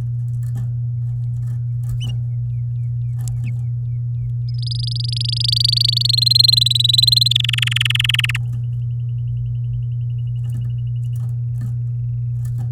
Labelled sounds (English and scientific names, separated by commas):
Domestic Canary (Serinus canaria) song